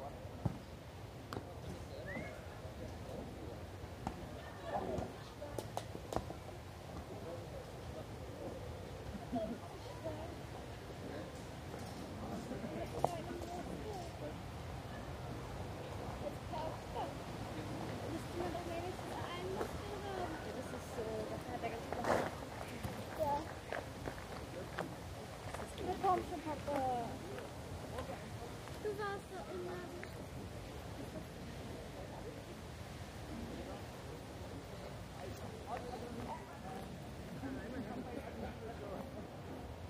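People pass by in Munich's Englischer Garten, with fragments of conversation rising and falling over a steady, dense murmur. Short knocks and thuds occur irregularly throughout, a little more often in the second half, over a constant low rumble.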